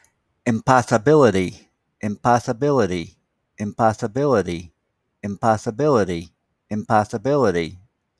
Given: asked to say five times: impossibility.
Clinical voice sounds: repeated word; male; 60 to 69 years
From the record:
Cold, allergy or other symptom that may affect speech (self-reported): no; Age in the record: 64 years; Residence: Florida, United States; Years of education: 15

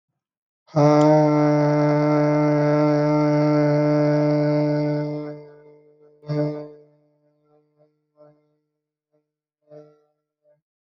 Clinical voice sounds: vowel held as long as possible; male; 40 to 49 years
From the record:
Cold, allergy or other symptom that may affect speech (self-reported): no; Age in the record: 45 years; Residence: California, United States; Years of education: 16

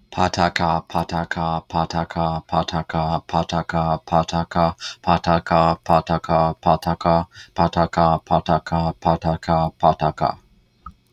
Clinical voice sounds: repeated syllables /pa ta ka/; male; 30 to 39 years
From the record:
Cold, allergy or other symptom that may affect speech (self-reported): no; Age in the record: 30 years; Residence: Kentucky, United States

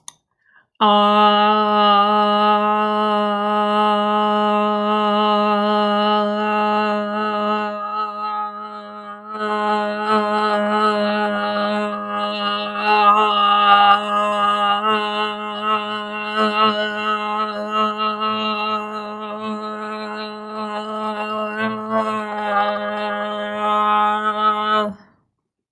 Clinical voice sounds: vowel held as long as possible; female; 30 to 39 years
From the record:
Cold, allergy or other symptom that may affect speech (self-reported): no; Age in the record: 38 years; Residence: Missouri, United States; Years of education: 19

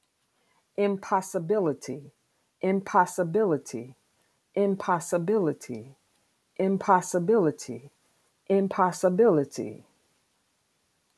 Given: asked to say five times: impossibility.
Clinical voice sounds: repeated word; female; 50 to 59 years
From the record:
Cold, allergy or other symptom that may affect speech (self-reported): no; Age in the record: 51 years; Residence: Virginia, United States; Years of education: 16

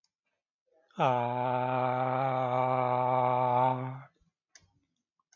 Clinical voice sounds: vowel held as long as possible; male; 40 to 49 years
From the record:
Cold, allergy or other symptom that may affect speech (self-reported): no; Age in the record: 44 years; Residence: New Mexico, United States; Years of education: 14

